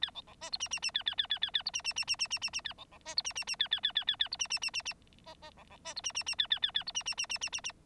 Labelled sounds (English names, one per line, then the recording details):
Bengalese Finch song
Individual Bird9